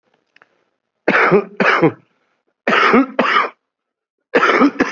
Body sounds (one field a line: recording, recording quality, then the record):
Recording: heavy voluntary cough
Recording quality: excellent, no background noise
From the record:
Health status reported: COVID-19 positive, mild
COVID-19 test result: positive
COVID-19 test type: RT-PCR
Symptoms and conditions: fatigue, muscle pain, diarrhoea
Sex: male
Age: 37 years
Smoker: no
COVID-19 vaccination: both doses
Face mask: worn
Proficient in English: yes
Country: India